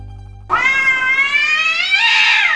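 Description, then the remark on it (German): A cat lets out one long, drawn-out meow, loud and wavering, rising slightly in pitch before sliding down at the end, with no talking. “Wissen Sie eigentlich, was Ihre Katze macht, wenn Sie schlafen?”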